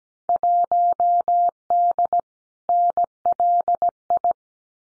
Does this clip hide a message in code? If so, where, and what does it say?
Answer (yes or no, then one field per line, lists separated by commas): yes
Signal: Morse code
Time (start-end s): 0.3-4.3 s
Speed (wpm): 17 wpm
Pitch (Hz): 700 Hz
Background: none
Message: 1D NLI